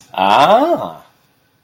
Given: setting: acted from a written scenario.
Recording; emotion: vocal sound without words; realization